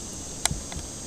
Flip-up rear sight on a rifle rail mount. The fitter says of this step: and then it kind of locks into place up top.